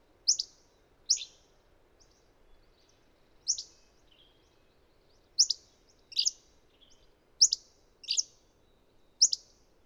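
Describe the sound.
Bird song of sharp, high chirps with a downward sweep, given singly or in quick pairs at irregular intervals.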